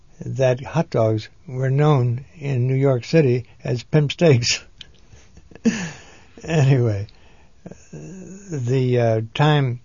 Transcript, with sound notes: that hot dogs were known in New York City as pimp (he laughs) Anyway, the time